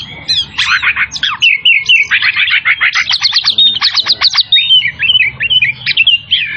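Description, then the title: Oriental magpie-robin pouring out rapid rattling trills and clear whistled notes in quick, continuous succession. Tretes type, singing vigorously (gacor). "Kacer Tretes"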